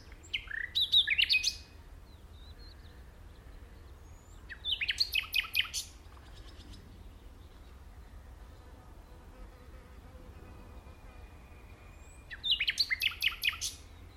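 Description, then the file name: Common nightingale song: three separate bursts of fast, rich trilled and chattering notes, spaced several seconds apart with quiet between. "Luscinia megarhynchos"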